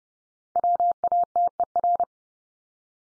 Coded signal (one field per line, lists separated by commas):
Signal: Morse code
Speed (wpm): 30 wpm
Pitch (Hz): 700 Hz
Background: none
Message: WATER